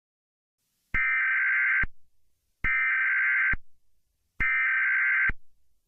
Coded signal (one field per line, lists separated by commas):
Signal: Emergency Alert System (SAME) tones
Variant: header bursts